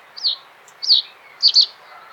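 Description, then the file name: Reed bunting singing a short high phrase: two slurred descending notes followed by a quick doubled note, with low background noise. "ovsjanka kamyshovaja"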